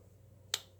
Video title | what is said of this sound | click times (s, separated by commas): Old Leatherman...look back and review | actually snap into place. They don't lock, but they snap into place. | 0.5 s